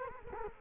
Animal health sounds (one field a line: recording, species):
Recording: mosquito wingbeat signal from an infrared sensor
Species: Culex quinquefasciatus